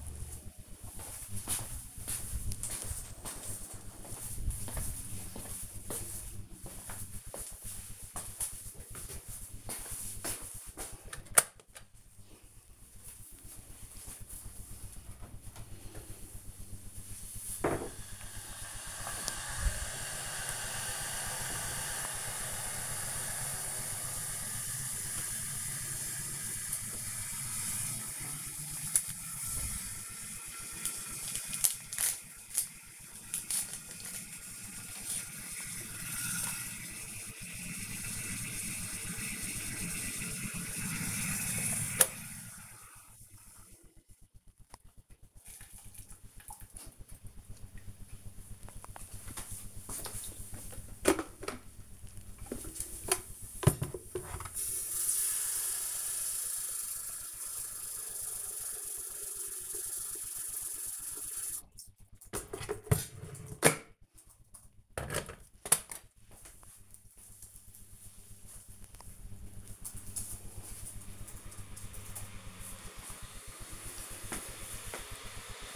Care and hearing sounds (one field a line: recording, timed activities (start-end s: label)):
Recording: household activities, microphone on the right wrist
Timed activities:
10.50-75.76 s: making tea
71.90 s: note: not enough water, 2nd time boiling water